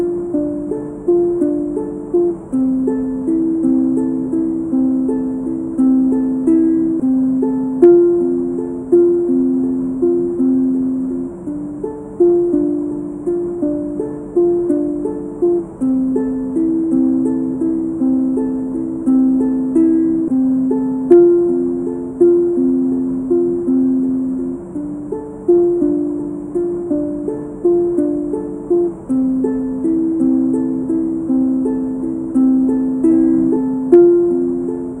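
A ukulele plucks a steady, repeating pattern of bright mid-range notes at an even pace, with a faint hiss underneath.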